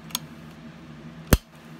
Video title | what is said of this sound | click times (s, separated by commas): Inspecting sewing machine hook timing | the bobbin case plugs into that pin and snaps into place | 0.1 s, 1.3 s